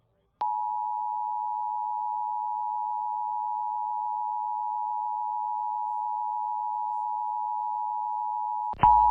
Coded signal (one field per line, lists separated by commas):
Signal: Emergency Alert System (SAME) tones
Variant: 853 and 960 Hz attention tone